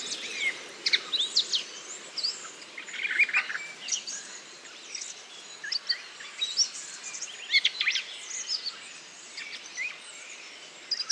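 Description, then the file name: Redwing subsong, a continuous quiet chatter of high squeaky notes and twitters mixed with faint background hiss. Solitary redwing giving babbling subsong (babil) in Bois du Puech; recorded with Telinga. "grive-mauvis-babil-solitaire-version-1-extrait-bois-du-puech-F 4 telinga"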